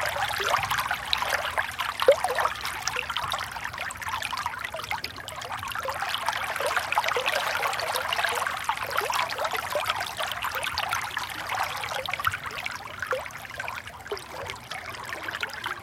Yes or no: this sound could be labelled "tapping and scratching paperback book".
no